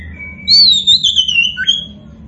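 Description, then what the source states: Oriental magpie-robin song: one clear whistled phrase that wavers and falls, ending in a quick upward flick, over a low background hum. Indonesian kacer poci bird, described as gacor, meaning it is singing vigorously.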